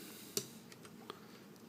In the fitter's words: Clicks in place